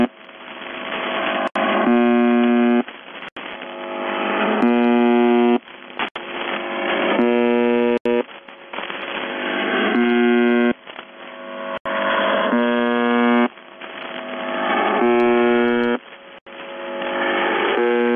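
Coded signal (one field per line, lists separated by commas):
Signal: channel marker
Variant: UVB-76 (The Buzzer)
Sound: seven harsh low buzzes, about one second each, roughly every two and a half seconds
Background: radio static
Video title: The Buzzer/UVB-76(4625Khz) June 23, 2021 Voice messages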